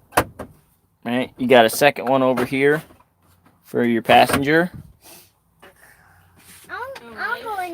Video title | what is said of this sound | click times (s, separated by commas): 2nd Live Stream On New Peterbilt | it kind of locked into place right | 0.2 s